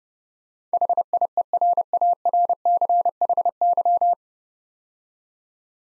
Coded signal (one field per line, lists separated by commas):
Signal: Morse code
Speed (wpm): 30 wpm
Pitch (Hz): 700 Hz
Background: none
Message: HIERARCHY